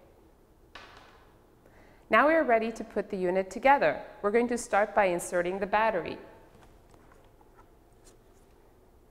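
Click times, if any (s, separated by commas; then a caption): none. A battery pack is handled and lined up with the bottom compartment of a Bruker Tracer handheld XRF analyzer before it is pushed home. Someone talks from about 2.1 to 6.2 s, with a light tap near 0.8 s and faint handling ticks around 6.9 to 7.4 s. Nothing has seated or clicked yet.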